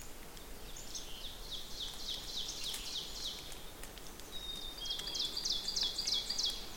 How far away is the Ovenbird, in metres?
about 75 m